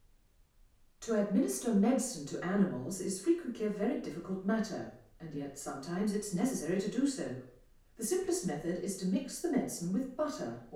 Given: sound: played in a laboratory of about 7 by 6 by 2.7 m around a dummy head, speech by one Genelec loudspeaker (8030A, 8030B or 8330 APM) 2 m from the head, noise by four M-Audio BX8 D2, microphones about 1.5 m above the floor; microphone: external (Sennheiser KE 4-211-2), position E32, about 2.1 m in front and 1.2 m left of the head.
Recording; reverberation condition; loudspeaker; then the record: female speech in English; medium; 150 degrees to the left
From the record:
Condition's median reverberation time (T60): about 510 ms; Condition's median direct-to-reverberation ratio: about -0.5 dB